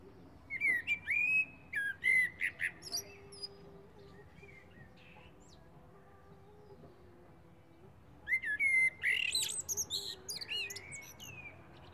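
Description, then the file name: Common blackbird song, two warbling phrases of fluted notes and high squeaks; a low steady tone drones in the pause between them. "Turdus merula"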